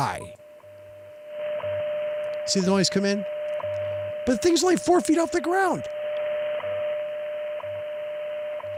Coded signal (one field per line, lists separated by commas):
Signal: radio time signal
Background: speech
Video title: #HamRadio Live! 287 Chameleon CHA MPAS 2.0 Vertical VS. Alpha’s Hextenna At 4’ High + Trivia Champs￼